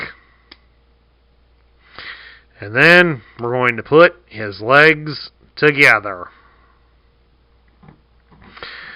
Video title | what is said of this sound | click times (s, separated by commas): Transformers Netflix WFC Nemesis Prime | push them in until they click | 0.0 s, 0.5 s